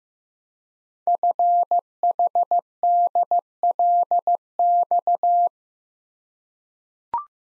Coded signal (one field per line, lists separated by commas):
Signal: Morse code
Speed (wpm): 15 wpm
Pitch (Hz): 700 Hz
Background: none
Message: FHDLX